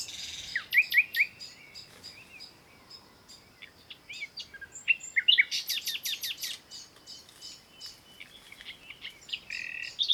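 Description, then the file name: Common nightingale singing a rich, varied sequence: rising whistled notes, quick chattering trills and a rapid series of sharp repeated notes. "Luscinia megarhynchos"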